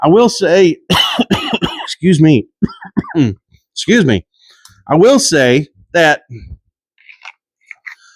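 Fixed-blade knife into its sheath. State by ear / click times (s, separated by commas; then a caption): seated / 7.7 s. A fixed-blade HX Outdoors Rock Apex TD-18B knife is pushed into its sheath after someone talks and coughs, and it clicks home at 7.7 s as the sheath retention catches it. The knife is seated and held well in the sheath.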